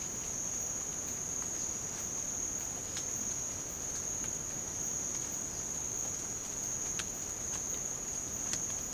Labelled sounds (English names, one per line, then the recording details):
none
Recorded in pastures near Puerto Asís, Putumayo, Colombia, on 12 March 2025 at 07:00
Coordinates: 0.505, -76.324
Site GP08